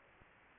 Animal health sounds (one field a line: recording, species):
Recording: mosquito wingbeat signal from an infrared sensor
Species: Anopheles gambiae